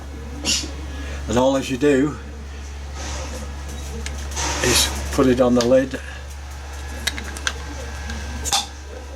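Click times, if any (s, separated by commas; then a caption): 7.1 s, 7.5 s. Someone talks while a lid-opener tool is placed on the metal screw lid of a glass jar to break its vacuum seal. Sharp pops are heard at 7.1 s and 7.5 s as the seal releases, leaving the lid free to unscrew easily.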